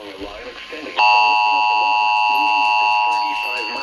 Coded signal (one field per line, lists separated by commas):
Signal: Emergency Alert System (SAME) tones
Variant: 853 and 960 Hz attention tone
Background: speech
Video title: SUNDAY STORMS... EAS Alerts from 5/22/22 (EAS #952-968)